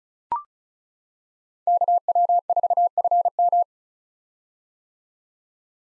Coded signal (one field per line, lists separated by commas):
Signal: Morse code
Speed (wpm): 36 wpm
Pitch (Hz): 700 Hz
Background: none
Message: KW4FM